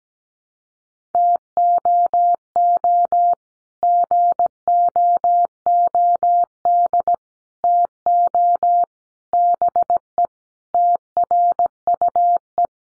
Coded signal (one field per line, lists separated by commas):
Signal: Morse code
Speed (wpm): 17 wpm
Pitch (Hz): 700 Hz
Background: none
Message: TOO GOOD TO BE TRUE